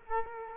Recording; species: mosquito wingbeat signal from an infrared sensor; Culex quinquefasciatus